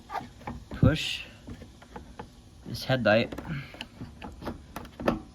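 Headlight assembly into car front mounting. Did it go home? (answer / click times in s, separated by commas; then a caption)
yes / 5.1 s. A plastic headlight assembly is pushed back into its front mounting position on a 1999–2004 Mustang, with notches sliding into their slots, while someone talks. Soft knocks and rubbing sounds build to a sharp click at 5.1 s as the assembly locks into place.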